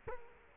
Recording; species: mosquito wingbeat signal from an infrared sensor; Culex quinquefasciatus